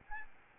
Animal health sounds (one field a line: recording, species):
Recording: mosquito wingbeat signal from an infrared sensor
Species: Aedes albopictus